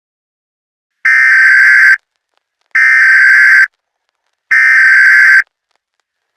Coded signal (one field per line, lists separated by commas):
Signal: Emergency Alert System (SAME) tones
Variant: header bursts